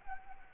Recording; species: mosquito wingbeat signal from an infrared sensor; Anopheles arabiensis